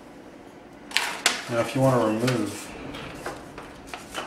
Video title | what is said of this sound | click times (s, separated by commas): Delphi Connector pn 89 NS MAP connector LS1 Map, LS2 MAP, Vortec Engine. | insert until you hear it lock and you're done | 1.0 s, 1.3 s